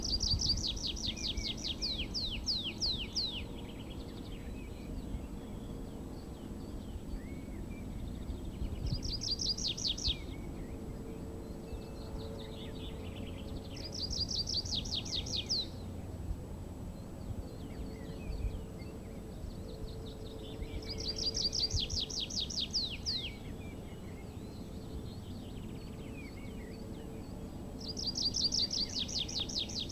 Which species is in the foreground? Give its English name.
Tree Pipit